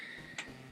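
Plastic cheek pieces are pegged into place on the head section of a transforming toy robot, a Metal Cardbot Tyrant Zero. Over a steady low background with a faint high tone, a single short, sharp snap sounds at 0.4 s, rising about 19 dB above the background for roughly 40 ms. The pieces are seated.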